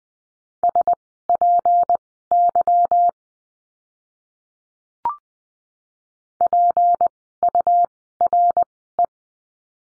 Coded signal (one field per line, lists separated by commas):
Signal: Morse code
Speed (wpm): 19 wpm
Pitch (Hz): 700 Hz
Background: none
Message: SPY PURE